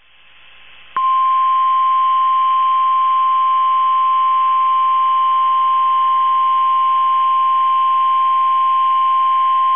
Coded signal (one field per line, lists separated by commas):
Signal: Emergency Alert System (SAME) tones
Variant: 1050 Hz attention tone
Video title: RWT MADNESS EAS CATCHES 25-26